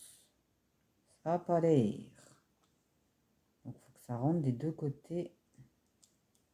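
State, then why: Seated. A plastic Lego piece is pressed onto a Lego DeLorean model being built so that it fits on both sides, while someone talks. A single sharp click is heard at 6.0 s as the pieces snap together and the piece seats.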